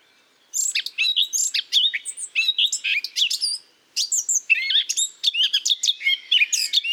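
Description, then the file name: Eurasian blackcap pouring out quick, squeaky, chattering phrases of mixed high notes, with one brief pause partway through. "Sylvia atricapilla"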